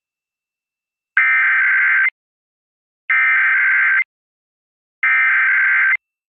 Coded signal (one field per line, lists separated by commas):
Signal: Emergency Alert System (SAME) tones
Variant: header bursts